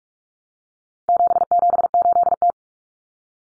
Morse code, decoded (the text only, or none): 778T